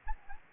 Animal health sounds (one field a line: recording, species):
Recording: mosquito wingbeat signal from an infrared sensor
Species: Anopheles gambiae